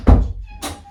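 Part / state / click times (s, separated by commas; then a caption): door latch into the door frame strike / not seated / none. A door latch is handled against the door frame strike, with a deep thunk at about 0.1 s and a brighter, ringing rattle around 0.6 s. Nothing has latched or clicked home yet.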